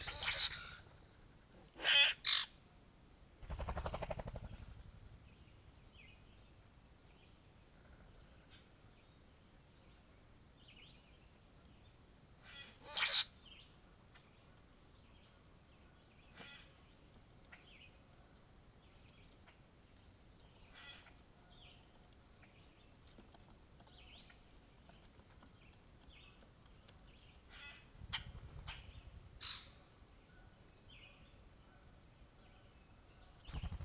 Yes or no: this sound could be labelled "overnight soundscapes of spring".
yes